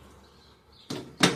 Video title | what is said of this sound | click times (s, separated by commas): Figuring out the seat tracks. 75 super beetle. | It's kind of cool. It kind of locks into place. | 0.9 s, 1.2 s